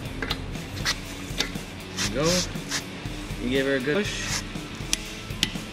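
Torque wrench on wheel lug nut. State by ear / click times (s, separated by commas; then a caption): torque reached / 4.9 s, 5.4 s. A torque wrench set to 100 lb-ft tightens a lug nut on a car wheel while someone talks, with a few light knocks early on. The wrench gives sharp clicks at 4.9 s and 5.4 s, showing the 100 lb-ft setting has been reached.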